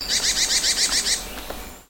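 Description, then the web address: Bird giving a rapid run of about eight harsh, buzzy notes in roughly one second, followed by a couple of faint softer notes as it trails off. "Sound Effects-Foundation 1 BIRD 04 CALL 02"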